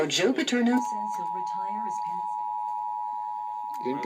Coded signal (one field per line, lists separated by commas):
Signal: Emergency Alert System (SAME) tones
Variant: 853 and 960 Hz attention tone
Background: speech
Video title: Natl EAS test KKGN final.mov